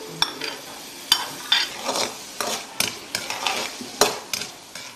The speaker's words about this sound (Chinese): 准备750克南豆腐、口蘑、虾仁、海参各100克，切成小丁。黄瓜不要瓤，只留皮。蘑菇切成奇怪的条状，具体用法稍后揭秘。将切好的丁焯水，捞出，放入油锅中爆炒。